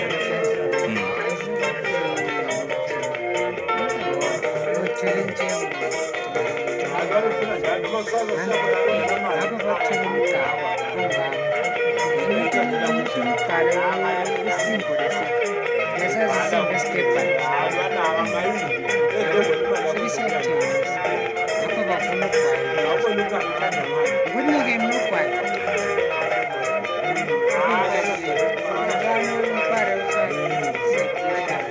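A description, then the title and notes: Inside a local sports bar, a steady wall of overlapping conversation fills the room with no pauses. Many voices blend into a dense, mid-pitched murmur, with occasional brighter clinks and clatters scattered throughout, and the loudness stays even from start to finish. In this episode I visit a local sports bar.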